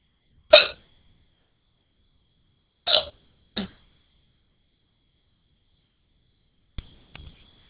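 An adult's hiccups: three sharp, voiced hiccups at irregular intervals, followed by two fainter clicks at the end.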